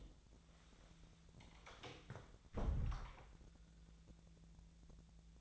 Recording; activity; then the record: daily activity, microphone in the room; close door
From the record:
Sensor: 3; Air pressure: 1000.4 hPa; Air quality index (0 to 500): 176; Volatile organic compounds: 3 ppm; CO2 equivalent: 1528 ppm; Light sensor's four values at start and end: 13/31/13/14 and 13/31/13/14